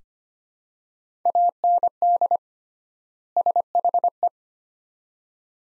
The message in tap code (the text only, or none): none